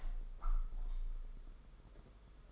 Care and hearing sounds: daily activity, microphone in the room; open window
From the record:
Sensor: 5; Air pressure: 991.4 hPa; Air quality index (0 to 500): 102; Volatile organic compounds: 19 ppm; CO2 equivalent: 2647 ppm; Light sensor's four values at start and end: 38/124/47/50 and 38/124/47/50

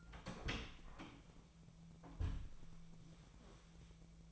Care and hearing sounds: daily activity, microphone in the room; open door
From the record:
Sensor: 1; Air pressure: 1000.5 hPa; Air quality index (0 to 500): 183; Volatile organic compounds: 4 ppm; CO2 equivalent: 1692 ppm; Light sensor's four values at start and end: 11/27/11/13 and 11/27/11/13

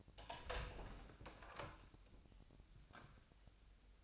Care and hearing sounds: daily activity, microphone in the room; open door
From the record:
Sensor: 2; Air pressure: 1007.0 hPa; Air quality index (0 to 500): 192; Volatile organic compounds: 12 ppm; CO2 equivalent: 2350 ppm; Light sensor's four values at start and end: 10/23/10/10 and 10/24/10/10

